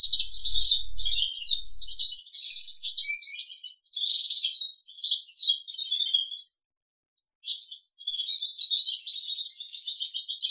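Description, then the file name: Crested canary delivering bursts of buzzy and rolling trills, with a silence of about a second midway; low knocking thumps sound in the first two seconds. "kenari jambul"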